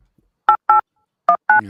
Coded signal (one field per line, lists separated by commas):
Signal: DTMF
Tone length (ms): 90 ms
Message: 8819